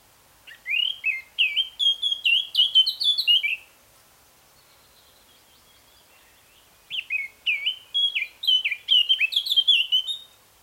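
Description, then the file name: Eurasian blackcap song: two bursts of rapid, varied warbling notes, each about three seconds long, separated by a silent pause. "Sylvia atricapilla"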